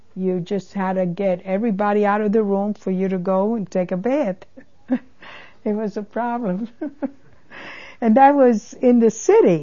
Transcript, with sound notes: you just had to get everybody out of the room for you to go and take a bath. (She laughs.) It was a problem. And that was in the city.